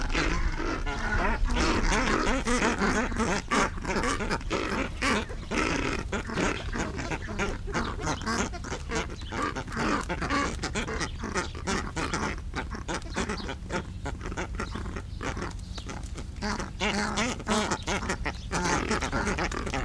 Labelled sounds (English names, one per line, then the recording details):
Straw-necked Ibis call
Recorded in captivity
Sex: group
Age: adult
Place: Tierpark Berlin, Berlin, DE
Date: 1994-06-18 11:15
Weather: bedeckt, 12-15°C, dann Regen
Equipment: Marantz CP 430, Sennheiser ME 80, Kopie Uher Variocord 263
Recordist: Tembrock, Günter
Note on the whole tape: Laute in Gruppe auf Nestern